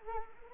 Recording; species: mosquito wingbeat signal from an infrared sensor; Anopheles arabiensis